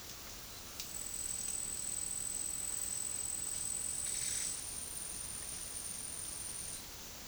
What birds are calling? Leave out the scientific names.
none